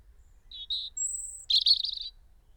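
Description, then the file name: European robin giving two short warbled notes, then a long pure high whistle, followed by a dense, rippling trill; quiet background otherwise. "Erithacus rubecula"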